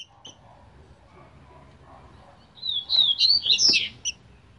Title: Canto De Trinca Ferro Voz 07. TRINCA FERRO CANTADOR CRIADOR CLÉBER